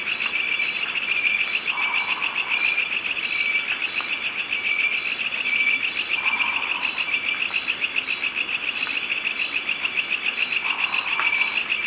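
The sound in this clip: Pallid scops owl calls as soft, muffled hoots spaced about four and a half seconds apart, three in all, beneath loud continuous cricket trilling that fills the high range.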